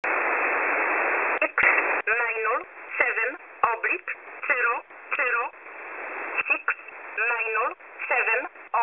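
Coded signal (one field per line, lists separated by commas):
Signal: numbers station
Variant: E11 Oblique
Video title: E11 Oblique 24/04/2024 1045 UTC 12385kHz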